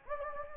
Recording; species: mosquito wingbeat signal from an infrared sensor; Anopheles gambiae